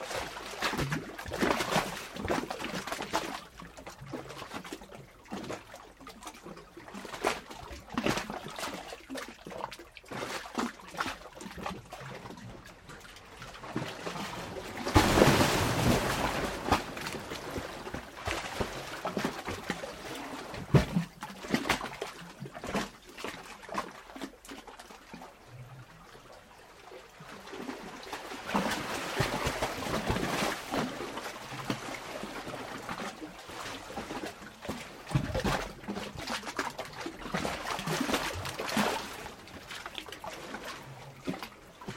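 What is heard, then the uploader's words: Seawater surges and gurgles through a hollow coastal rock chamber, with irregular glugs and trickles throughout. Louder sloshing bursts arrive around 15 seconds and again from about 28 to 40 seconds, between quieter stretches of dripping and draining. Low booming thuds sit underneath. Coastal Hollow - Surging Chamber. This is the archetypical coastal glugging hollow to me. Drained of water, you can hear the approaching surge through the hollow rocks. When it fills up, though, it's like a giant sloshing can.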